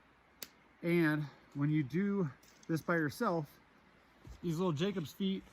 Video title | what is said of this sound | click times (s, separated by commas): Nemo Hornet 1P Tent Review from the JMT | but the end of the pole just pops right into a socket, and then it captures the end of the pole. | 0.4 s